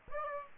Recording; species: mosquito wingbeat signal from an infrared sensor; Aedes aegypti